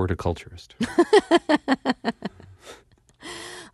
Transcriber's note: soundbite of laughter